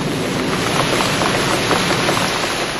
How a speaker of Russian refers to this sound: И тут, откуда ни возьмись, стал усиливаться ветер. Налетели тучи, разорвалось небо грозой и хлынул ливень.